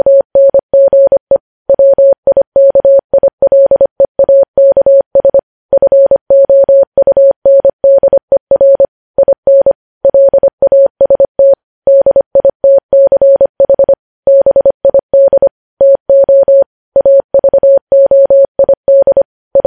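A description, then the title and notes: Morse code tapped out as a single steady mid-pitched beep, switching on and off in quick dots and longer dashes with brief silent gaps between letters and words. The keying runs continuously for the whole stretch, clean and close, with no background sound between tones. Morse code.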